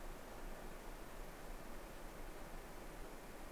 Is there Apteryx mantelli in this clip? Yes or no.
no